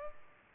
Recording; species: mosquito wingbeat signal from an infrared sensor; Culex pipiens